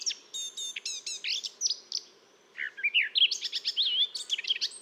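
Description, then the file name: Eurasian blackcap song: quick series of high, stacked chirps, a short pause, then a varied warble of twisting whistled and scratchy notes. "Sylvia atricapilla"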